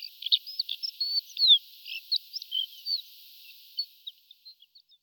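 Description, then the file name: Horned lark singing a fast run of high tinkling and slurred notes that thins into a few scattered soft chips toward the end. "Skrivan ouskaty Eremophila alpestris"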